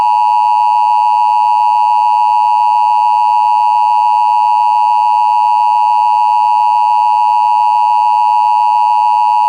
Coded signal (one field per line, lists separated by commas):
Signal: Emergency Alert System (SAME) tones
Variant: 853 and 960 Hz attention tone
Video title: an EAS mock | just a test.